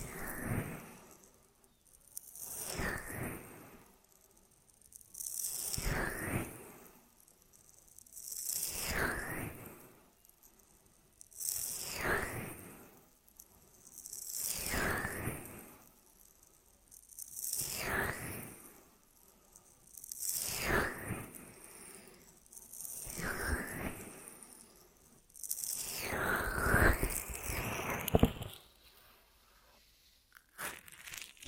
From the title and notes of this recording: ASMR Most Tingly Ear Massage Triggers for Sleep (No Talking).